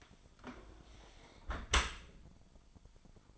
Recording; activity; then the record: daily activity, microphone in the room; close dishwasher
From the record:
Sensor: 5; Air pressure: 1003.2 hPa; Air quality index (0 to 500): 138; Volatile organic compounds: 2 ppm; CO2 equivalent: 1004 ppm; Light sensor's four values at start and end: 78/188/77/88 and 74/180/74/84